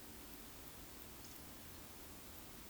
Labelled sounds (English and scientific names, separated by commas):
Eurasian Woodcock (Scolopax rusticola) whistle